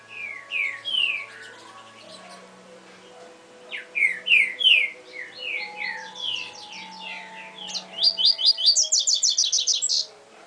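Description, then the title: Double-collared seedeater delivering bright slurred whistles that speed up into a long, rapid, high-pitched trill at the end, with a low steady hum behind. "Canto Coleiro"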